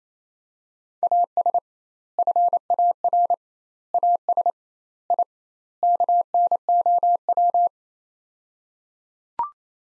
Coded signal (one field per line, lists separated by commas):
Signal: Morse code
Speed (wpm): 28 wpm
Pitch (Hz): 700 Hz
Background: none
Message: AS FAR AS I KNOW